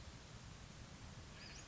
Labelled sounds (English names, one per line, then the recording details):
Western Flycatcher
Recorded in Sonoma County, California